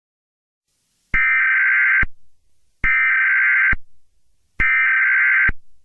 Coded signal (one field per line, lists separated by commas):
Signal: Emergency Alert System (SAME) tones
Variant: header bursts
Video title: Eas scenario 3 solar eclipse ( from my second account)